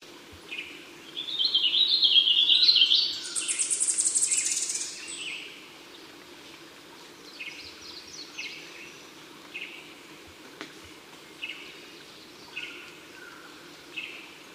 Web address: vocalizaciones chl oph